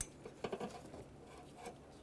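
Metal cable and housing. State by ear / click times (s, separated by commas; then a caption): not seated / none. The groove of a hood release cable is slid into the hood latch housing of a 2005–2010 Chevrolet Cobalt and lined up before being locked in. A sharp tap at the start is followed by faint, light handling knocks around 0.5 s and soft rattling. Nothing has seated or clicked yet.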